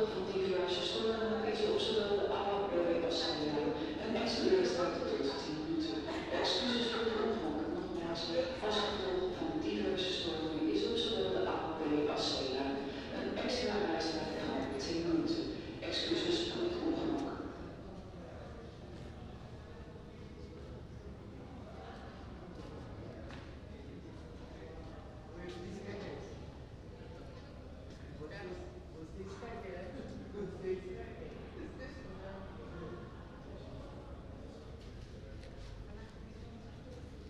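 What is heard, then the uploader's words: Waiting for the Rotterdam metro: dense overlapping chatter and footsteps for about seventeen seconds, then a quieter, steady hum with scattered voices. Metro Rotterdam Coolhaven - Schiedam Centrum.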